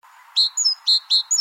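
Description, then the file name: Great tit calls: bright, sharp notes mixed with higher, downslurred whistles in a quick series after a brief faint start. "Parus major"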